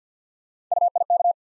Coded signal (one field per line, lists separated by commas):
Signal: Morse code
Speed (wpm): 50 wpm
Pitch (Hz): 700 Hz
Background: none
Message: UIK